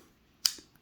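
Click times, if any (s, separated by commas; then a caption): 0.5 s. The hidden mechanical key blade of a 2022 Chevy Silverado, which opens the outer doors and a locked compartment if the fob goes dead, is pushed back into its slot in the plastic key fob. It latches with one sharp, bright click at 0.5 s, followed by a soft low knock and a faint tick near 0.8 s. The blade is seated in the fob.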